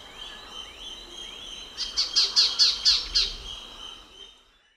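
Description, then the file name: White-faced Robin call: six bright, clipped high notes in a steady run, over background whistles from other birds. Recorded in Papua New Guinea. "Treg Leuc"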